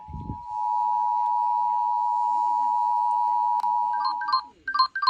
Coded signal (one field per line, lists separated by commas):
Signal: Emergency Alert System (SAME) tones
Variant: 853 and 960 Hz attention tone